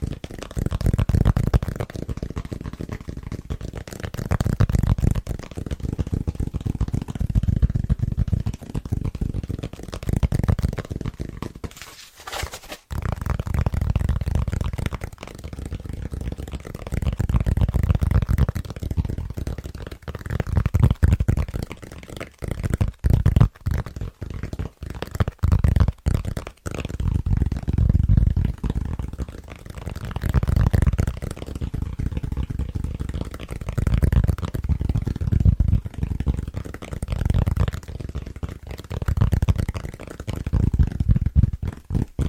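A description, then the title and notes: Fast, rhythmic tapping on fitness foam, dense muffled low thuds in pulsing bursts, with a brief pause near twelve seconds before continuing. ASMR Super Tingly Fast & Rhythmic Tapping On Fitness Foams (No Talking).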